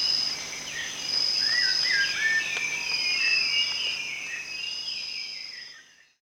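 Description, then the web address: Rufous-tailed shama giving a few short looping whistles early on, half buried in a shrill insect chorus that cuts off at the end. Recorded at Danum on 1 January 2008. "DANUM 20080101. rufous-tailed shama"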